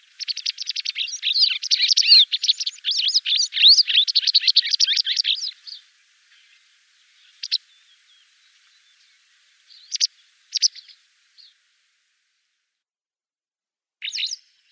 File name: Trjasoguzka maskirovannaja